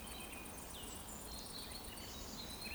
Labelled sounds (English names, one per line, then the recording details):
Eurasian Woodcock whistle
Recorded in Baden-Württemberg, Germany, on 23 June 2020 at 20:14 UTC
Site 14569, 102 m above sea level